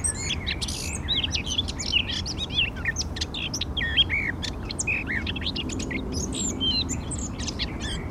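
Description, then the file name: Eurasian blackcap song, a continuous jumble of varied high chirps, slurred whistles and chattering notes over a low background rumble. "Sylvia atricapilla"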